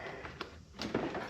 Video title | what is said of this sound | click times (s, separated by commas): Cub Cadet Start of Season Inspection - Repairs EP. 3 | I heard click, click. | 0.4 s, 0.8 s